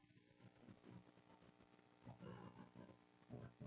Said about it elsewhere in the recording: I didn't have lunch today. My stomach growling there.